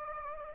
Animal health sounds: mosquito wingbeat signal from an infrared sensor; Anopheles gambiae

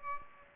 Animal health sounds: mosquito wingbeat signal from an infrared sensor; Aedes aegypti

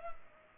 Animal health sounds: mosquito wingbeat signal from an infrared sensor; Culex pipiens

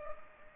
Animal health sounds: mosquito wingbeat signal from an infrared sensor; Culex pipiens

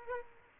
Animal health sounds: mosquito wingbeat signal from an infrared sensor; Aedes aegypti

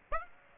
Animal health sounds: mosquito wingbeat signal from an infrared sensor; Aedes aegypti

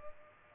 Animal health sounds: mosquito wingbeat signal from an infrared sensor; Culex pipiens

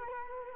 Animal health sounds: mosquito wingbeat signal from an infrared sensor; Culex quinquefasciatus

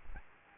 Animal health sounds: mosquito wingbeat signal from an infrared sensor; Aedes aegypti

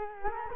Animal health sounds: mosquito wingbeat signal from an infrared sensor; Culex quinquefasciatus

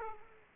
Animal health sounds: mosquito wingbeat signal from an infrared sensor; Aedes aegypti

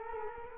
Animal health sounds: mosquito wingbeat signal from an infrared sensor; Culex quinquefasciatus

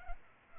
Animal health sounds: mosquito wingbeat signal from an infrared sensor; Culex pipiens

